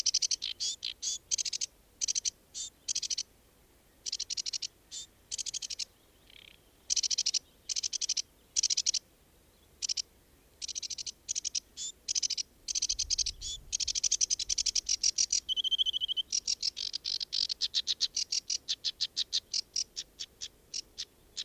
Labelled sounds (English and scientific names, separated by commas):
Sedge Warbler (Acrocephalus schoenobaenus) song